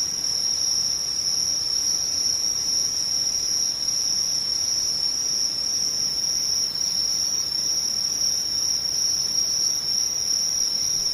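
Insects, likely crickets, trill in a steady, unbroken high-pitched buzz throughout, with a soft low hiss underneath and no other events.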